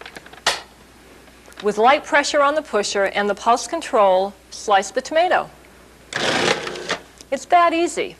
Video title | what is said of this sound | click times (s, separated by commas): Cuisinart How to use your Food Processor VHS RIP | Place the sleeve and pusher over the large feed tube. Press down on the sleeve and you'll hear it click. | 0.5 s